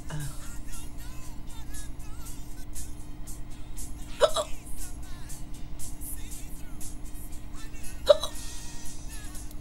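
An adult hiccuping: two sharp hiccups about four seconds apart over a steady low background hum.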